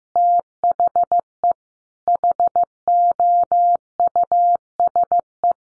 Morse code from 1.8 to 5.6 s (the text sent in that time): HOUSE